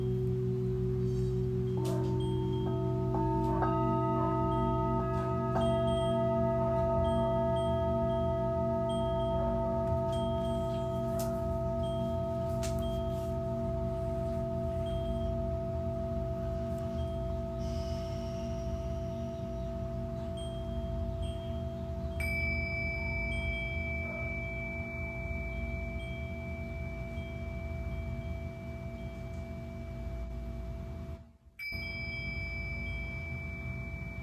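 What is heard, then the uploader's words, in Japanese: Singing bowls ring in long, overlapping tones over a steady low hum. New strikes come in around two and three seconds, and a bright, high tone enters near twenty-two seconds and keeps ringing. The sound briefly drops out just after thirty-one seconds. 真夜中の シンギングボウルのサウンドヒーリング ライブ。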